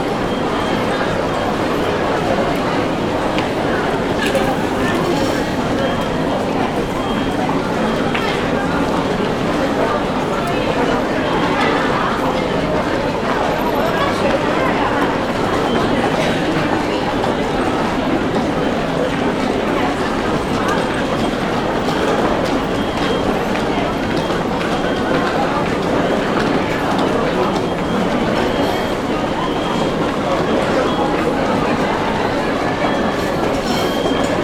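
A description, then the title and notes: Steady ambient noise fills a metro station, a dense wash of overlapping voices and crowd murmur that never lets up across the whole stretch. Low rumble from trains or machinery sits underneath, with occasional brief clatters and sharper sounds scattered throughout. Ambient Noise at the Metro Station.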